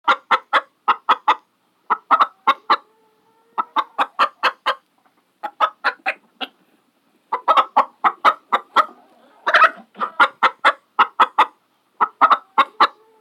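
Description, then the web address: Chicken clucking in quick rhythmic bursts of several clucks separated by short pauses, with one harsher squawk about two-thirds of the way through. A single chicken clucking. "SFXSource AOS Chicken Single Clucking"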